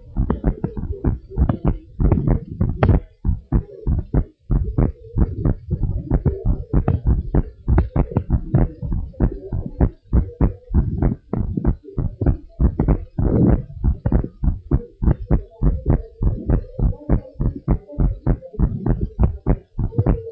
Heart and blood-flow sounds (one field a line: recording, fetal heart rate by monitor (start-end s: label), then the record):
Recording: heart sounds of a pregnant woman by stethoscope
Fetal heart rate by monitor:
no fetal heartbeat
From the record:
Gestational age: 32 weeks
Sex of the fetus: twin girls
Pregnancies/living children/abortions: 1/0/0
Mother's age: 20 years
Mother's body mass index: 25.0